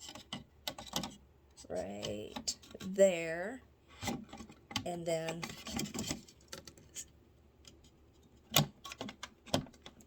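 A hose or vent fitting is pushed onto a portable air conditioner unit while someone talks, with scattered light clicks and handling knocks throughout. A sharp snap at 8.6 s marks the fitting seating in place.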